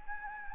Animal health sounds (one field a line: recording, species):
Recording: mosquito wingbeat signal from an infrared sensor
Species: Anopheles gambiae